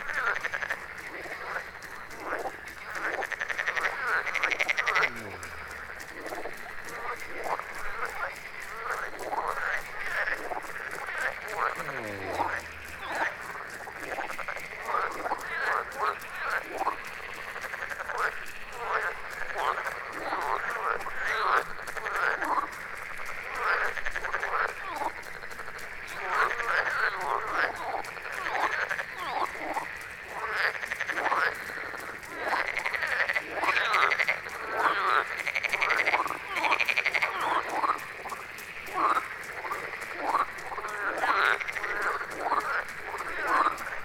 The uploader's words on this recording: Froggy Choir. Recorded in Götzerberge in the summer.